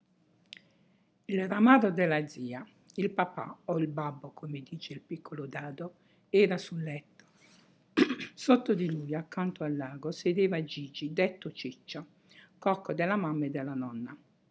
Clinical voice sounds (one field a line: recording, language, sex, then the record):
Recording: read passage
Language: Italian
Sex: female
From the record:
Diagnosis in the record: healthy control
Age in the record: 68 years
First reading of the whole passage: 56 s, 9.3 characters per second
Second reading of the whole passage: 53 s, 9.8 characters per second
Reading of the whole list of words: 52 s, 5.4 characters per second